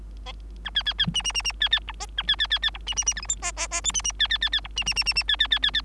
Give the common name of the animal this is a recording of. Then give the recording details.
Bengalese Finch. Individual Bird3